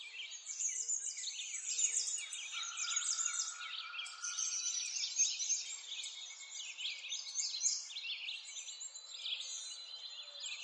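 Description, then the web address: Bird song in a busy, continuous chorus of thin chirps and twittering notes, with a short level whistle early on. Forest ambience. "Lynne Music Nature-Ambience-Birds-In-A-Forest"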